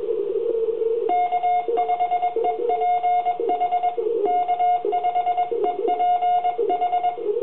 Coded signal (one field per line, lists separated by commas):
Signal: Morse code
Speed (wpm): 21 wpm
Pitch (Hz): 720 Hz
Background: radio noise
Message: K5EPH K5EPH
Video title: Athens Amateur Radio Club - Field Day 2011